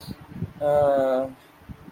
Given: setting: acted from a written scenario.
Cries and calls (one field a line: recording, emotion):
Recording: vocal sound without words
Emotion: shame